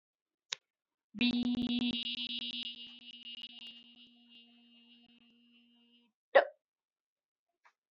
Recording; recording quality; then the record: sustained vowel as in beet; poor, much background noise or distortion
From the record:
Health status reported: healthy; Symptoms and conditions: none ticked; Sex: female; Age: 39 years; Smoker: not ticked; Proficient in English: yes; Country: India